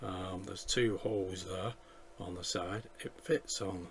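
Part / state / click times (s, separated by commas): plastic steering column piece onto model mount / not seated / none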